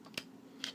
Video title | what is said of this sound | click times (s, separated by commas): Hot Wheels Star Wars First Order Special Forces TIE Fighter | Peg it in the port like so, hear that click, | 0.2 s